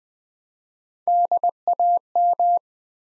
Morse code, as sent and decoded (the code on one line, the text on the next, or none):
-.. .- --
DAM